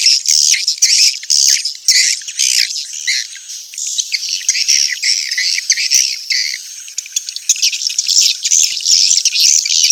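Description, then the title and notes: Swiftlet calls forming a dense high-pitched chatter of rapid buzzy chirps, continuing for the whole stretch. Swiftlet farming sound, Asia. "Swiflet Bird Sound. Farming Swiflet Bird asia sound"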